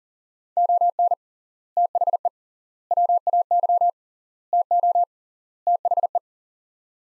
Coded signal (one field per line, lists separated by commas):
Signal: Morse code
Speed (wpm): 40 wpm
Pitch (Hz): 700 Hz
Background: none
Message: ON THE WAY TO THE